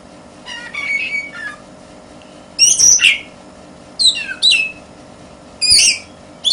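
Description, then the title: Oriental magpie-robin song: short bursts of varied whistled and scratchy phrases, some sweeping down, separated by pauses of about a second over a steady low hum. "suara kacer"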